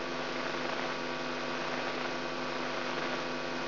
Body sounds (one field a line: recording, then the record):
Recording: brain microelectrode recording played as sound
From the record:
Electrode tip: inside the subthalamic nucleus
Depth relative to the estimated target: -4 mm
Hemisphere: right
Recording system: AlphaMap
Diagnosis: Parkinson's disease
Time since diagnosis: 16 years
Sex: female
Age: 67 years